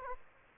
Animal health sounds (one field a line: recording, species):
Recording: mosquito wingbeat signal from an infrared sensor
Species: Aedes aegypti